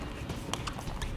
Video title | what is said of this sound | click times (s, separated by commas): How to Set Up Your Yakima RidgeLine Roof Rack for Flush Rails on a 2018 Mitsubishi Outlander Sport | the bar itself and again you tighten that down so you hear those audible clicks there | 0.5 s, 0.7 s, 0.8 s, 1.0 s